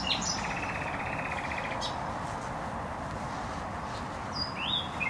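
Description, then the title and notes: Faint nightingale phrase: a rapid trill of repeated notes for about a second, then sparse high notes, largely swamped by loud steady traffic noise. Singing in bushes close to a noisy motorway (Trasa Toruńska), Bródno-Podgrodzie, Warsaw, Poland; recorded with an Olympus LS-11. "Bródno-Podgrodzie, Warszawa, Polska - Trasa Toruńska Nightingale. nightingale singing in bushes close to noisy motorway. Recorder: Olympus LS-11"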